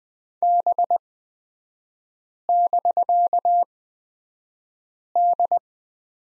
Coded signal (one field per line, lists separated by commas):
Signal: Morse code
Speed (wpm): 20 wpm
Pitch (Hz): 700 Hz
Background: none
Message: B<BK>D